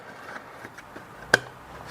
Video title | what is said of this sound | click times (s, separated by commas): BMW F10 F11 Boost Solenoid Replacement BMW 528i 535i 520i 530i 550i 518d 520d 525d 530d 535d | click in place | 1.3 s